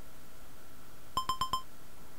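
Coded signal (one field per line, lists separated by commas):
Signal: none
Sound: a board game's move beeps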